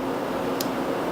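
Thread is slipped under the tiny check spring on a sewing machine tension assembly and seats with one faint, sharp click at 0.6 s. The click stands out briefly above a steady background hum, and the thread is confirmed in place.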